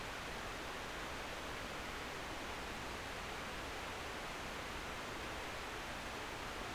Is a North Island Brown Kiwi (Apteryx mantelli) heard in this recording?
no